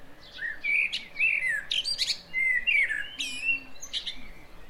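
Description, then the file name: Common blackbird song, mellow warbled phrases with thin, squeaky high twitters, repeated throughout. "Turdus merula"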